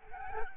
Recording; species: mosquito wingbeat signal from an infrared sensor; Aedes albopictus